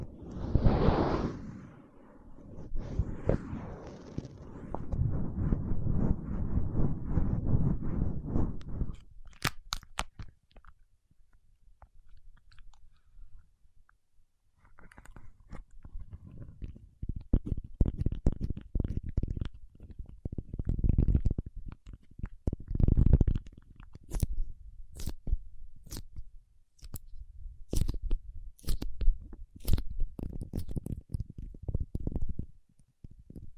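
Paraffin wax is peeled and scratched in dense crackling bursts for ten seconds, then irregular tapping follows with sharp bright clicks toward the end.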